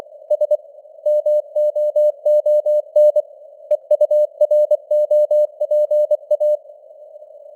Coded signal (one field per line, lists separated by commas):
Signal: Morse code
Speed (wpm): 24 wpm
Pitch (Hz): 600 Hz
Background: none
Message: S MOON EUROPA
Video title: Morse Code News | 2026-01-07 | 24wpm